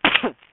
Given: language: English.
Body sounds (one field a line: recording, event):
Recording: throat vibration sensor signal played as sound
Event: cough